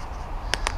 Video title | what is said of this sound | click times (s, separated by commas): Advanced Window Cleaning Pole Techniques - Squeegee Skills Episode 6 | you just copy what I'm doing your you'll see why put it two clicks down so one two okay | 0.5 s, 0.7 s